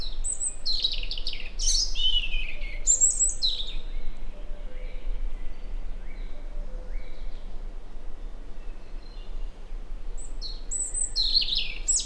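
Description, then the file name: European robin song: bursts of high, thin twittering phrases at the start and end, with quieter phrases between, over a steady low hum. "Erithacus rubecula"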